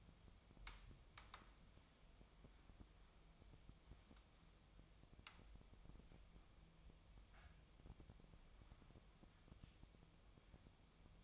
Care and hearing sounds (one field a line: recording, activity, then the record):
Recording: daily activity, microphone in the room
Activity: wipe stove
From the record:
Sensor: 1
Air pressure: 1004.8 hPa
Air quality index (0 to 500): 78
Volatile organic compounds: 2 ppm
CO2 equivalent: 1038 ppm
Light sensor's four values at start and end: 9/23/9/10 and 9/23/9/10